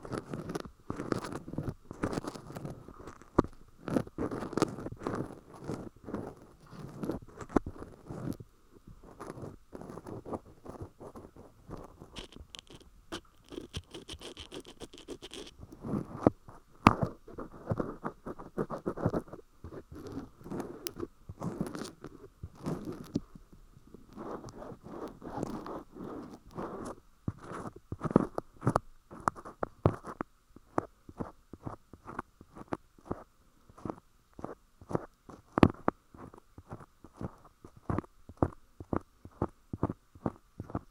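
Metal ear pick cleaning an ear: a steady run of dense scratching and crackling scrapes, some bursts rapid and others spaced out. A brief bright whirring rasp stands out around fifteen seconds, and the scrapes grow sharper and more separated after thirty seconds.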